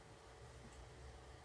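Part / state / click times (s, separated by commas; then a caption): metal bag clasp onto crocheted bag edge / not seated / none. A metal bag clasp is opened wider and fitted onto the edge of a crocheted knitted-yarn bag, ready to be squeezed closed. Only a steady low hum with faint handling noise is heard, and nothing has clicked or seated yet.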